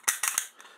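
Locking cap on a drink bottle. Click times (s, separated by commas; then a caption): 0.1 s. A locking cap on a magnetic locking drink bottle is pushed back into its locked position after the magnet parts are reassembled. A sharp snap at 0.1 s is followed by a few quieter clicks and rattles. The cap is seated in the locked position.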